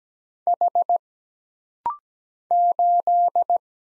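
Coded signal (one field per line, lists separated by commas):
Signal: Morse code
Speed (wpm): 17 wpm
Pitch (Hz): 700 Hz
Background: none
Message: H 8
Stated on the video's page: Rapid-fire single-character Morse practice at 17 wpm: letters, numbers, punctuation and prosigns for instant character recognition.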